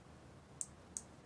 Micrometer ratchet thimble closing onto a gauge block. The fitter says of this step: And as soon as I hear that click, I can stop.